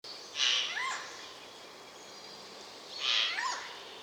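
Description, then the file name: Eurasian jay calling with two hoarse, tearing screeches roughly two and a half seconds apart. "Garrulus glandarius"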